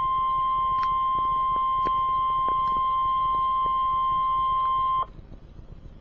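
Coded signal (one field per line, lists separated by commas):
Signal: Emergency Alert System (SAME) tones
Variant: 1050 Hz attention tone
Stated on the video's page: Real severe thunderstorm warning for Indiana and Kentucky.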